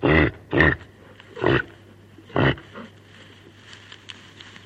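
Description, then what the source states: Reindeer uttering four harsh, throaty grunts in quick succession, roughly one per second, then quieter faint rustling sounds. Female reindeer calling to her calf.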